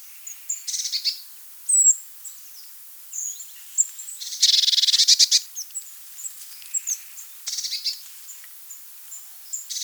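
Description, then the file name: Eurasian blue tit song: scattered thin, high call notes, then a loud, rapid ringing trill in the middle, with more thin notes and short trills afterwards. "blaumeise"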